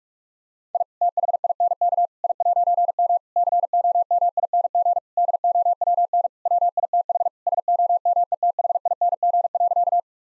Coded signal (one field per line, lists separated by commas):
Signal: Morse code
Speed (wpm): 43 wpm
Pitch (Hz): 700 Hz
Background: none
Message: I THINK I'M COMING DOWN WITH SOMETHING.